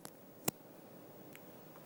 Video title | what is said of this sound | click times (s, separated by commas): JewelleryMaker LIVE 08/11/21 8AM - 5PM | i'll just do that for you again so you can hear it | 0.5 s